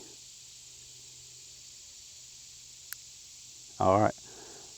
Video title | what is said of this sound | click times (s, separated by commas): Rock Island Armory Revolvers - Things to look for | now get a second click the cylinder is locked | 2.9 s